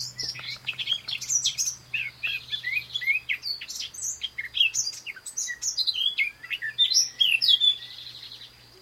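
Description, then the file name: Eurasian blackcap song, a steady stream of quick high chattering and whistled notes running almost without a break. "Sylvia atricapilla"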